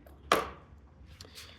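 The small plastic hinged door of a plastic Scotch lock wire splice connector is closed over the wire after its metal blade has been squeezed flush with pliers. The door snaps shut with one loud, sharp click at 0.3 s, followed by a fainter tick near 1.2 s. The Scotch lock connection is seated and secured.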